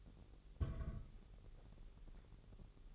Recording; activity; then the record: daily activity, microphone in the room; place on stove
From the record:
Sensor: 4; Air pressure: 989.1 hPa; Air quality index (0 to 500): 210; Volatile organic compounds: 58 ppm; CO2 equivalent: 3398 ppm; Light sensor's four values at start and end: 29/98/36/38 and 29/98/36/38